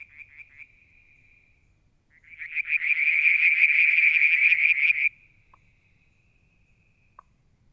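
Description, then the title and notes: Frogs calling: a soft high trill, then a louder, rapidly pulsed buzzy trill for about three seconds that stops abruptly, followed by a thin continuing trill and two faint clicks. Striped marsh frog, Verreaux's tree frog and an unidentified frog calling one evening near a water tank, Mount Wilson, New South Wales, Australia, July 2022. "Frog song, Mount Wilson, New South Wales, Australia in July 2022 – by Alexander Moffatt. Limnodynastes Peronii, Litoria Verreauxii and a mystery frog one evening near the water tank"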